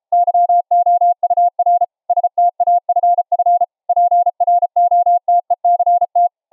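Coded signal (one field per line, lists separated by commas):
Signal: Morse code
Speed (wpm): 34 wpm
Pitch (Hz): 700 Hz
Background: none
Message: YOUR STAFF PROTECT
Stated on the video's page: 700 Hz ELF CW from a nearby transmitter, received 10 feet away on a resonance-tuned ferrite rod and bobbin-core antenna into headphones; full volume, no background noise.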